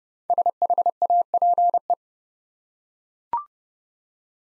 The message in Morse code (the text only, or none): SHAPE